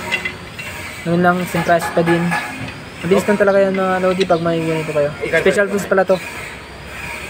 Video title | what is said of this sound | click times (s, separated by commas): special tools use install valve lock spring V-10 ISUZU | hila pataas naka-lock na yun siya ganun | 0.3 s, 0.6 s